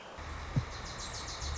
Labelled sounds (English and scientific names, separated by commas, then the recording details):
Wilson's Warbler (Cardellina pusilla)
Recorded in Sonoma County, California